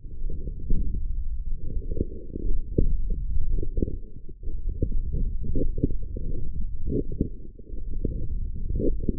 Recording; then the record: forearm muscle sounds (acoustic myography)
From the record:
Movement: forearm pronation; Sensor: system 1, eight BSWA MPA416 microphones around the upper forearm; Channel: 6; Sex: male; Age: 21 years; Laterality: right